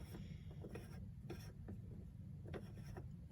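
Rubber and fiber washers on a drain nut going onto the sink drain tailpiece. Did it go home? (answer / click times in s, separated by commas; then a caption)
no / none. Under a sink, a rubber washer and a fiber washer on a threaded drain nut going onto the sink drain tailpiece are adjusted by hand so they sit properly before tightening. Short scraping and rubbing handling sounds come through over a steady low hum, with brief knocks around 0.8, 1.3, 1.7, 2.5 and 3.0 seconds. The part is still moving around, and nothing has been tightened or has clicked yet.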